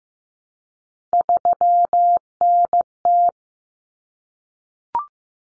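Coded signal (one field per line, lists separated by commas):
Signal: Morse code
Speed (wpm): 15 wpm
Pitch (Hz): 700 Hz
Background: none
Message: 3NT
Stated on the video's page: Morse practice of three-digit cut numbers at 15 wpm, each sent twice.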